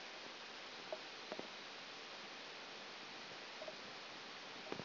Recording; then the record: brain microelectrode recording played as sound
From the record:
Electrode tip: outside the subthalamic nucleus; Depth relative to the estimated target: -8 mm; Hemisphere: left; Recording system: AlphaMap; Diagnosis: Parkinson's disease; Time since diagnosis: 11 years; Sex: female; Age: 60 years